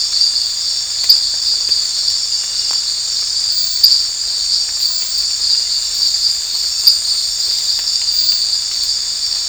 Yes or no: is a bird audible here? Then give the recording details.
no. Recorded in dense forest near Puerto Asís, Putumayo, Colombia, on 13 March 2025 at 23:00. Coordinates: 0.484, -76.317. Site G064